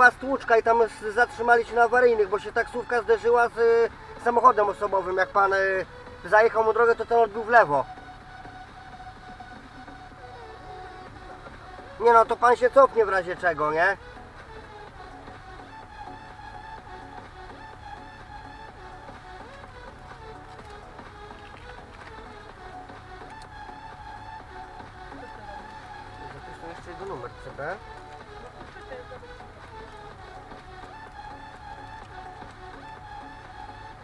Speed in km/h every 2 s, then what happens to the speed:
0, 0, 0, 0, 0, 0, 0, 0, 0, 0, 0, 0, 0, 0, 0, 0, 0.
0-34 standing.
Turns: none.